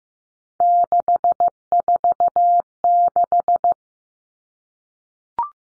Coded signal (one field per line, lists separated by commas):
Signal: Morse code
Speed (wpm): 15 wpm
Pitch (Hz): 700 Hz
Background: none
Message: 646